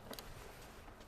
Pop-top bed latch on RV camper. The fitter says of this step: you hear it snap it means it's good to go